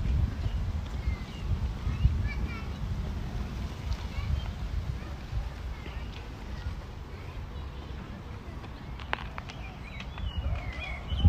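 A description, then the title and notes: A walk through Modiin, Israel, with a steady low rumble of traffic or wind filling the scene. Faint voices and chirping birds come through above it, and a few sharp clicks or knocks land near two and nine seconds. Walking In Modiin, Israel.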